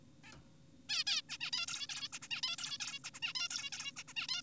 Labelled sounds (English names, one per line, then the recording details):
Zebra Finch
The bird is an adult
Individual g4p5U